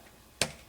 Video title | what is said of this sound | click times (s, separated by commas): Fixing An Ice Maker That Will Not Make Ice | push that in with two fingers you should hear it snap just like that | 0.4 s